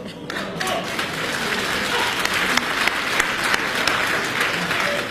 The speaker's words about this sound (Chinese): 唱的真好，确实是好。 哎呦，我谢谢您的鼓掌欢迎。